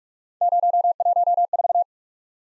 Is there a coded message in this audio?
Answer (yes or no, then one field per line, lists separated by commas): yes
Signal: Morse code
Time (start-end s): 0.4-1.8 s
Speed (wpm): 44 wpm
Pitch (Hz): 700 Hz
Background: none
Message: 014